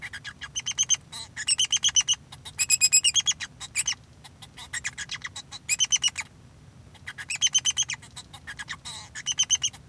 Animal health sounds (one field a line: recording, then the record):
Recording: song of a male Bengalese finch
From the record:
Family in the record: son of father 2